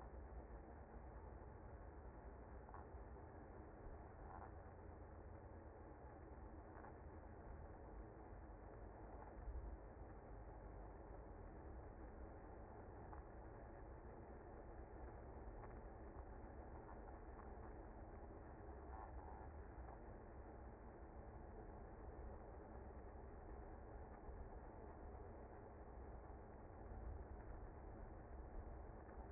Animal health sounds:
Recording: honeybee colony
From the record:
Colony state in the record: active

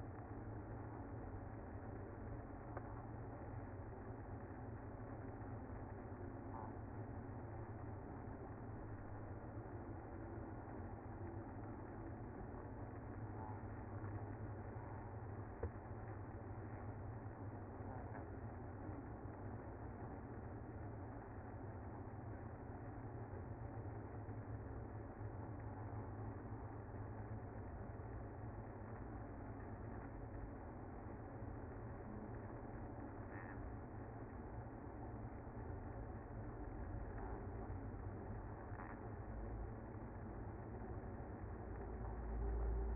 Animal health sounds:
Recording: honeybee colony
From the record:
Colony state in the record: active

